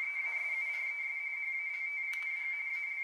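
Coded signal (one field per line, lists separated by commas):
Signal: RTTY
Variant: 45 baud, 170 Hz shift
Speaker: tty und dann das erste eher tty 45 das wird dann mit einem schiff von 170 kilo herz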